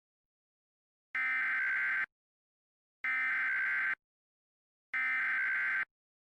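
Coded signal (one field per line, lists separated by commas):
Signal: Emergency Alert System (SAME) tones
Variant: header bursts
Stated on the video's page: Mock EAS alert, not a real broadcast.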